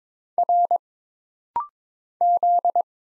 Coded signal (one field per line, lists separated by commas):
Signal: Morse code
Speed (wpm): 22 wpm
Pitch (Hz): 700 Hz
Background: none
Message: R Z